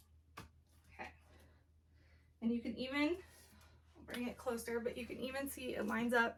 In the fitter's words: there's one on either side and then you just push it down until you hear those clicks okay